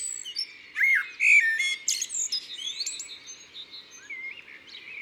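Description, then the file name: Common blackbird song with clear fluted phrases early on, followed by quieter, scratchy high twitters trailing off. "Merle noir ABC des chants doiseaux"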